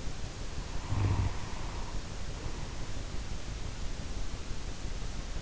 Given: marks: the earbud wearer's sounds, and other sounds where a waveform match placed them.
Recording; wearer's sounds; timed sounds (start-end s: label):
sounds in sleep by an in-ear microphone; snoring breath
0.57-3.00 s: snoring breath